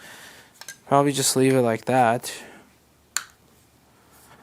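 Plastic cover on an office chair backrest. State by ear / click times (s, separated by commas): seated / 3.2 s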